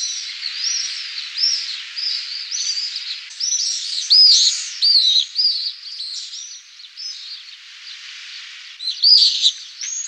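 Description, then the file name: Pallid swifts giving harsh, trilled screams, overlapping and uneven in spacing, louder bursts near four seconds and again near the end, over a constant high chorus. "rondone pallido"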